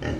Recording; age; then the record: pig call; growing-finishing pig (85 days or more)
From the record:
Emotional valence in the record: negative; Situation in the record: barren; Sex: female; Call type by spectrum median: low-frequency call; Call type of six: low-frequency stable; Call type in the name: low-frequency stable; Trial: 1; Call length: 0.20 s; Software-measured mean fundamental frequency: 40 Hz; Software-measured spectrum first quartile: 172 Hz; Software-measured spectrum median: 383 Hz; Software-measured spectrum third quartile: 1069 Hz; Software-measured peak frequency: 120 Hz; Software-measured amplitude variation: 148 dB a second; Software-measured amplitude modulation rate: 27.9 a second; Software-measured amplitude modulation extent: 5.3 dB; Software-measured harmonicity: -4.4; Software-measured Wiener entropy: -1.29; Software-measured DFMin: 885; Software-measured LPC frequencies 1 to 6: 408, 1821, 2953, 4097, 4861, 5699 Hz